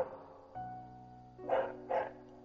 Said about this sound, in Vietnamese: Xin lỗi các bạn, mình cũng không hiểu vì sao mỗi lần mình thu âm, tức là lúc mà mình không thu âm thì con chó nó rất là yên lành, và mỗi lần mình thu âm là nó lại phá mình. Mình nói thật là mình đang rất là tức con chó hàng xóm này